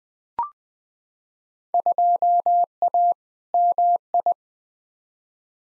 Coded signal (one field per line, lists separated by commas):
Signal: Morse code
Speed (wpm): 20 wpm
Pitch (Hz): 700 Hz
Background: none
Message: 2A MI